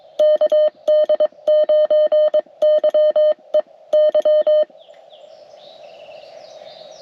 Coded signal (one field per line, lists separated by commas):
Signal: Morse code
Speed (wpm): 22 wpm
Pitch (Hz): 610 Hz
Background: none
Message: KD9YEY